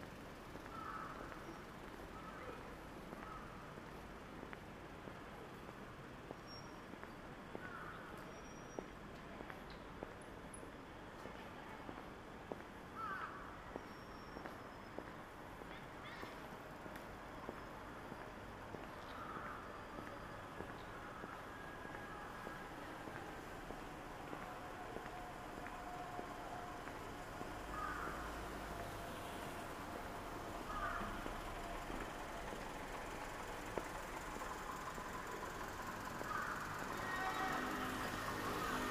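Saturday morning street life in Shinjuku's Omoide Yokocho: a steady murmur of traffic and voices fills the whole stretch. Short bright bursts, like brief calls or chimes, recur every few seconds, and the hum grows slightly fuller in the last ten seconds.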